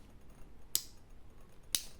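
The metal bail arm of a Seaknight Windrunner 3 spinning fishing reel is flipped over on the reel body and snaps into its detent twice. Sharp, bright clicks land at 0.8 s and 1.8 s over quiet background noise, and the bail seats firmly each time.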